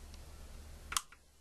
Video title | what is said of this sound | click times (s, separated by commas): mass air flow how to video | go and plug this one up here until it clicks | 0.9 s, 1.0 s